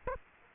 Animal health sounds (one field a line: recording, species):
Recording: mosquito wingbeat signal from an infrared sensor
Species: Aedes aegypti